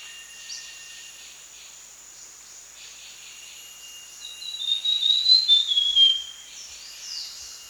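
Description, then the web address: Brown fulvetta whistling one clear wavering phrase that rises then drops, heard midway through over a continuous shrill insect background. Recorded in Danum Valley, Borneo, on 1 January 2008. "DANUM 20080101. brown fulvetta"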